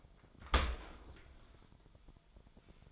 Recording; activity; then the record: daily activity, microphone in the room; open dishwasher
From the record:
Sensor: 5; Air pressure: 1003.2 hPa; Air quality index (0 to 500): 127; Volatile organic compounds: 1 ppm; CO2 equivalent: 933 ppm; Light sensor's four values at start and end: 69/167/70/78 and 67/161/67/75